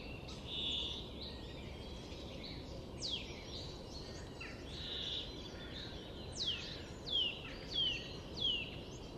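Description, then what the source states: Brambling calls: sharp, high descending sweeps, several scattered early and four in quick succession near the end, over constant low background noise. Recorded at Landshut on 28 March 2015.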